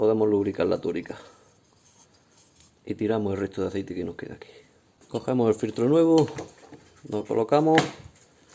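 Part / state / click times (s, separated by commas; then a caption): oil filter element into plastic filter housing cap / not seated / none. Someone talks while a new paper oil filter element for a Golf 7 is handled and placed toward its plastic filter housing cap during an oil change, with a faint brief handling sound around 2.6 s. Nothing has seated or clicked yet.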